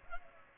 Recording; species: mosquito wingbeat signal from an infrared sensor; Culex pipiens